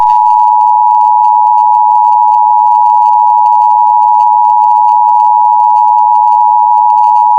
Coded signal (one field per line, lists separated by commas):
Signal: Emergency Alert System (SAME) tones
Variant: 853 and 960 Hz attention tone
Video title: An EAS Scenario Story: Of Icicles and Blood #EAS #EAS Scenario